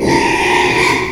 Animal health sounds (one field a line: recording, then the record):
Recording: squeal of a Yucatan mini pig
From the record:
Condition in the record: after surgery on the right vocal fold (resection and tissue-engineered implant)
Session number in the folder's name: 1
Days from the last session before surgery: 6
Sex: male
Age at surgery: 12 weeks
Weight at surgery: 13 kg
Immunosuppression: cyclosporine, prednisolone